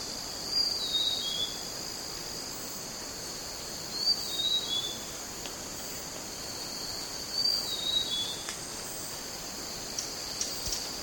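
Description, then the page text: Grey-chested jungle flycatcher giving brief high, thin note clusters at irregular intervals of several seconds, set against constant buzzing insects. Recorded at Pinang Jatus, Gunung Lumut, Borneo, on 1 May 2007. "Sound of Grey-chested Jungle Flycatcher at Pinang Jatus, Gunung Lumut by BOORSMA, Tjalle"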